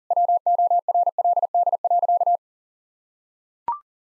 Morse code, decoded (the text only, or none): WORLD.